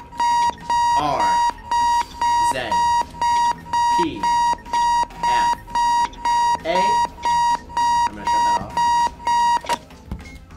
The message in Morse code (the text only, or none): none